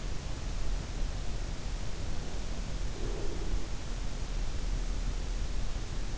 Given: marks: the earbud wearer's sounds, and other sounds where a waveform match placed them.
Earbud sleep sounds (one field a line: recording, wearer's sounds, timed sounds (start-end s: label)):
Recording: sounds in sleep by an in-ear microphone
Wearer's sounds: breath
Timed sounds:
2.69-4.08 s: breath